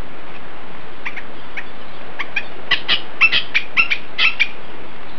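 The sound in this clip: Bird giving a series of short, mid-pitched call notes, louder in the second half, over a steady hiss.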